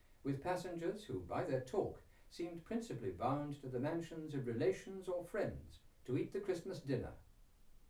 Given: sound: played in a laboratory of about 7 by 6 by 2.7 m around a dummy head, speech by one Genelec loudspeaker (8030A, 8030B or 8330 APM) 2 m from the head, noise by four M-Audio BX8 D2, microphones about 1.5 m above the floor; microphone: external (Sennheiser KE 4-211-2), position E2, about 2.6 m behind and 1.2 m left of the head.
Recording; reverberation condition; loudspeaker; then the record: male speech in English; low; 60 degrees to the left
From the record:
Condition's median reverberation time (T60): about 310 ms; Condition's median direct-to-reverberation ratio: about 3.5 dB